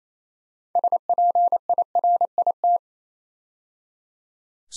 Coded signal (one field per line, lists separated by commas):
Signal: Morse code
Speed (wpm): 28 wpm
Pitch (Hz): 700 Hz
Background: none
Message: SPIRIT